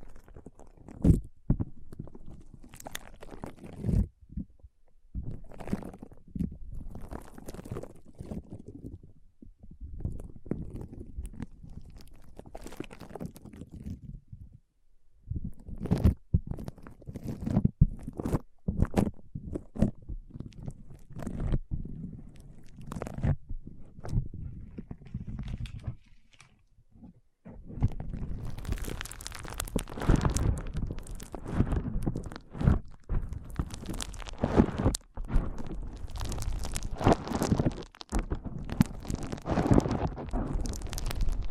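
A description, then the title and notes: Foam being squeezed and rubbed in dense crunchy bursts, softer before a pause near 27 seconds, then brighter and more continuous crackling. ASMR Powerful Foam Brain Massage.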